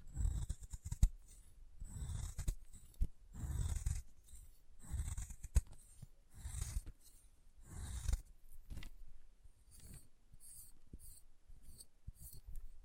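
Chalk being carved and cut in repeated scraping strokes about every second, each a low rasp with a thin hiss and occasional sharp clicks.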